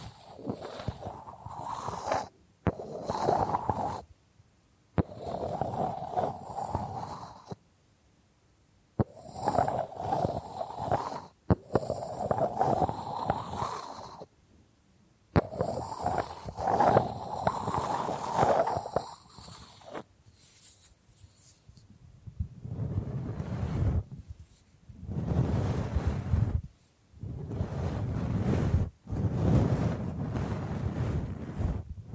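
Bamboo is scratched and brushed in bursts of a second or two, separated by short silences. Through the first twenty seconds the strokes are brighter and sharper, with a few clicks. After that the rubbing turns lower and duller, in longer, steadier passes.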